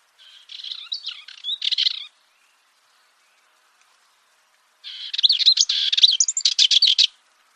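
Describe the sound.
Bird song in two bursts of high, rapid chirps and twittering notes, separated by about three seconds of silence; the second phrase is longer and louder.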